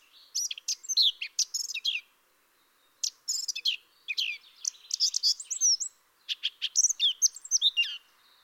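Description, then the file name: Eurasian blackcap song: dense scratchy warbled phrases broken by a short silence, with mixed chirps and brief downslurred whistles. "Sylvia atricapilla"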